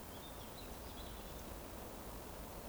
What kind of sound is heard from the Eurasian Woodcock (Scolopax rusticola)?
whistle